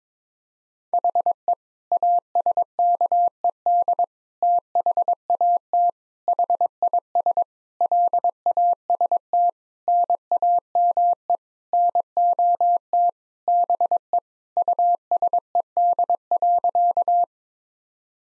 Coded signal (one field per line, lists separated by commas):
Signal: Morse code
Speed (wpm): 22 wpm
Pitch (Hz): 700 Hz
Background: none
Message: HE ASKED THAT HIS LAST NAME NOT BE USED.